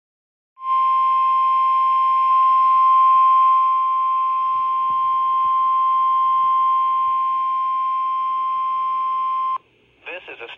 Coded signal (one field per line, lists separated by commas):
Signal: Emergency Alert System (SAME) tones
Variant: 1050 Hz attention tone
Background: speech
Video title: [ARCHIVED] WX Flood Warning on KHB36 - August 4th, 2020 at 11:21 (AM) - EAS 7